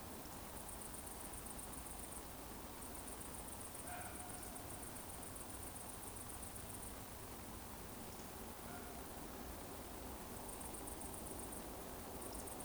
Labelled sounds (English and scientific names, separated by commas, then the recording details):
Eurasian Woodcock (Scolopax rusticola) whistle
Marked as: whistle, whistle, whistle, whistle
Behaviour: display flight
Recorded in Baden-Württemberg, Germany, on 23 June 2020 at 20:37 UTC
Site 14569, 102 m above sea level